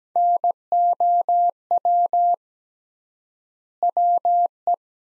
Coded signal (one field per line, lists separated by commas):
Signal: Morse code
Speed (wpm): 17 wpm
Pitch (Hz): 700 Hz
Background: none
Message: NOW WE